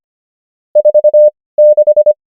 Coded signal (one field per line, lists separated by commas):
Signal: Morse code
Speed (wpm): 25 wpm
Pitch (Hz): 600 Hz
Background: none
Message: 46